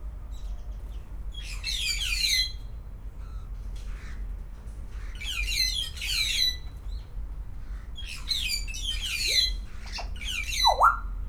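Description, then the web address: Grey parrot giving harsh, buzzy squawks in short clustered bursts about every three to four seconds, ending with a clear rising whistle; low steady hum underneath. Captive bird at a zoo in Szeged, recorded in 2011, calling softly. "allathangok 2011 jakopapagaj finoman"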